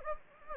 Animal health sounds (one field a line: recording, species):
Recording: mosquito wingbeat signal from an infrared sensor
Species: Anopheles gambiae